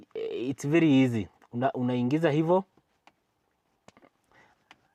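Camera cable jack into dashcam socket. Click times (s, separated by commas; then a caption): 4.7 s. A rear or reverse camera cable jack is pushed into its socket on a dashcam. Someone talks for the first 2.6 seconds, then faint sharp taps come at 3.1, 3.9, 4.0 and 4.1 seconds. The jack clicks into place with the last and loudest tap at 4.7 seconds.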